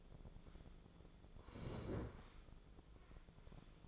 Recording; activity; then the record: daily activity, microphone in the room; sit down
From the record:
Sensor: 5